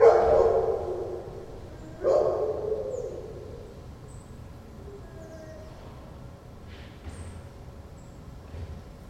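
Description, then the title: Dog howling: a long wavering howl, then a second shorter howl about two seconds later, fading out into quiet background hum. Dog in a patio at Corinthstraße, Friedrichshain, Berlin, Germany, 14 September 2012, recorded from an apartment bathroom window; barking and howling for hours. "Patio with howling dog (Corinthstraße Berlin, September 14th 2012)"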